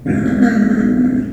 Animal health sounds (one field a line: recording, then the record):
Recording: squeal of a Yucatan mini pig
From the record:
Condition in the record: after surgery on the right vocal fold (resection and tissue-engineered implant)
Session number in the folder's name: 3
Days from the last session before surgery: 21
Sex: female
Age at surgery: 19 weeks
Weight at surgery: 25 kg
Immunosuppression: prednisolone